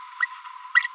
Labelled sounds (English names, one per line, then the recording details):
Green-rumped Parrotlet babbling
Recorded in a nest box in Venezuela
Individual 18B25A4